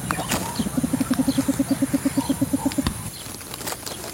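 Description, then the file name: Spotted rail giving a steady series of many rapid low notes lasting about two seconds. "Canto do saracura carijo"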